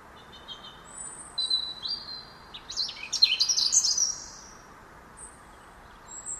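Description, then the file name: European robin song, a few thin whistles building into a rapid, dense trilling flourish, then quiet with faint high notes, over low hiss. "Erithacus rubecula"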